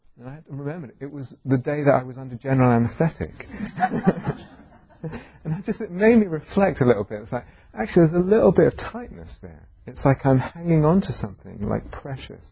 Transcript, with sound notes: And I remembered it was the day that I was under general anaesthetic. [laughter] It made me reflect a little bit. It's like, actually there's a little bit of tightness there. It's like I'm hanging on to something precious.